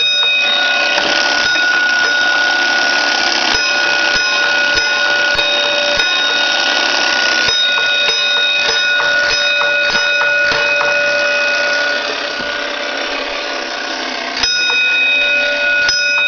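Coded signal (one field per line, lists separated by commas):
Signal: coded fire alarm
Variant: Gamewell fire alarm box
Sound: a small bell rings rapidly and continuously, with strokes blurring into one steady clang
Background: small room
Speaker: and pull the switch to activate the bell and ring to Signal This Bar there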